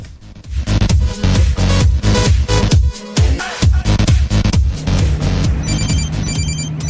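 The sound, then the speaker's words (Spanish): A loud musical mobile ringtone plays with a steady, punchy beat, briefly pausing midway, then continuing with repeated high electronic chirps layered over it toward the end. No one speaks. “Ese llamado cerró el negocio de tu vida. No uses el celular cuando manejes.”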